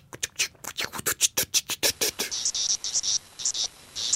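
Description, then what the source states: Magicicada septendecula song: irregular bursts of dry, buzzy clicks, rapid pulses for about two seconds, then a jumbled, higher buzzing chatter. 17-year periodical cicada; irregular 'bebop' song; fewer and quieter than the other species.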